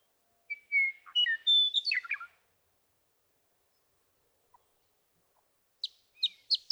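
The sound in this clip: Western meadowlark song: slurred whistles stepping up and down, then a short bubbly flourish, followed later by a few sharp notes.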